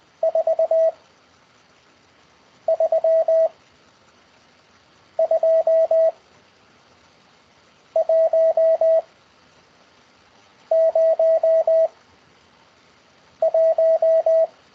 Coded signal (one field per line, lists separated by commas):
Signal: Morse code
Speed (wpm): 20 wpm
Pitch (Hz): 650 Hz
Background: radio noise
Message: 4 3 2 1 0 1